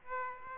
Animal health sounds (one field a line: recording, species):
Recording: mosquito wingbeat signal from an infrared sensor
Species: Aedes aegypti